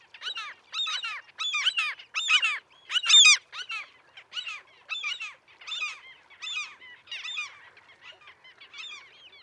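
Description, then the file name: Mew gull calls: bursts of high, harmonic mewing and yelping notes in quick series of several notes, separated by short pauses, with no other clear sounds. "Mew Gull - Larus canus"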